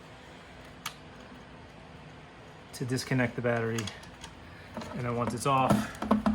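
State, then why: Seated. A plastic battery pack is reconnected to the blower unit of a 3M powered air-purifying respirator after being removed with a hex tool, while someone talks. The pack clicks into place at 6.1 s with a sharp, short snap, just before the hex screw is tightened. The battery is seated on the unit.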